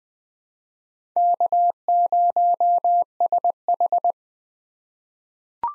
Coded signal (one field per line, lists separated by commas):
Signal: Morse code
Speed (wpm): 20 wpm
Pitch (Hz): 700 Hz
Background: none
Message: K0SH